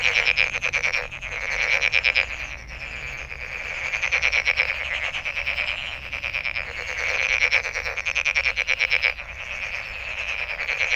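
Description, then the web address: Frog calling in long runs of rapid pulsed trills that swell and fade, with brief breaks between. Recorded on 23 May 2008. "frog frog 20080523"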